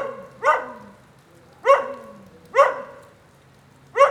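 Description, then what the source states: Dog giving four loud single barks, each bark dropping slightly in pitch at the end, roughly one per second against quiet hiss. Lone dog in the rain during a thunderstorm at 9a. Avenida 414, Quezaltenango, Guatemala.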